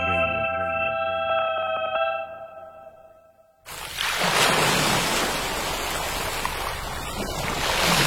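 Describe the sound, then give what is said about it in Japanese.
A few seconds of steady electronic tones fade out, then a loud, continuous roar of ocean waves crashing on shore takes over, surging and swelling with no voices. “ザバン、ザバン、海が光っている。”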